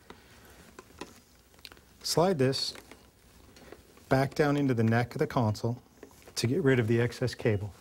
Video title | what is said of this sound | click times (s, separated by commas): GForce RT: Completing Assembly | same thing connect the two cables till you audibly hear them and fill them click | 1.6 s